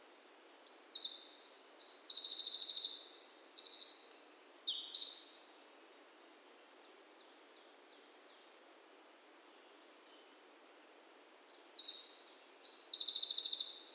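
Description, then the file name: Eurasian wren sings a long, loud trilling phrase, falls silent for about six seconds, then starts another burst of high rattling notes. "Troglodytes troglodytes"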